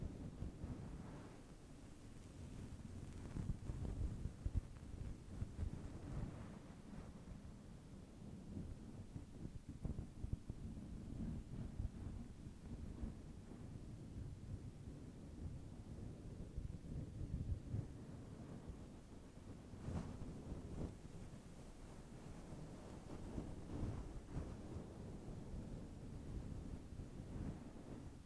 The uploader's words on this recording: ASMR Tingly HEAD Massage (Brushing, Scrunching & More).